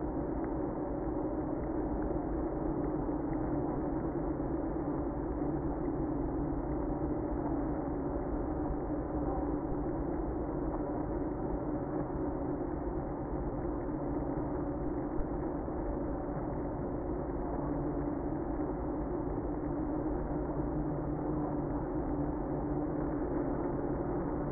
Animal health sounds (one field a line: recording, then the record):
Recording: honeybee colony, microphone inside the hive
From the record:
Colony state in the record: queenless (queen removed)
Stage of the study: after two queens were removed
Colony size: about 60,000 bees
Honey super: yes